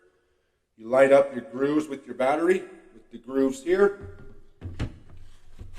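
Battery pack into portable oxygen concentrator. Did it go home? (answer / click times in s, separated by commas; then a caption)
no / none. Someone talks while a battery pack is lined up with the guide grooves on a Rhythm Healthcare portable travel oxygen concentrator before being slid down into place, followed by a few faint handling knocks. The battery has not seated or clicked yet.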